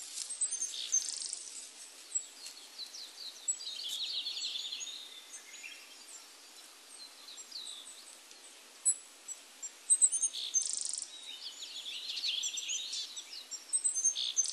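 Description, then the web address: Willow tit calls: several faint buzzy notes in short runs, with thin high chips between, against a steady high hiss. Recorded 12 April 1998. "1998 980412 kogara"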